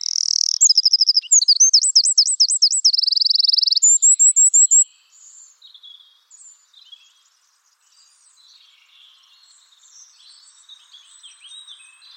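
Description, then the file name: Eurasian wren song, loud piercing notes tumbling into rapid rolling trills and a buzzing rattle, then faint scattered calls. "Troglodytes troglodytes"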